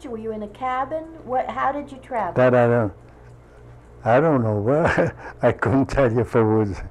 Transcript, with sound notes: Were you in a cabin? How did you travel?
That I don't, I don't know. (He laughs.) I couldn't tell you if it was--